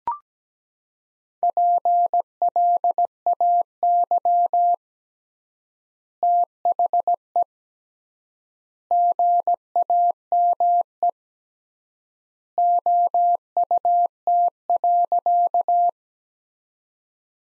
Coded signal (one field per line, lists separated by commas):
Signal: Morse code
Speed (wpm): 17 wpm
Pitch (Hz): 700 Hz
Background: none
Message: PLAY THE GAME OUT.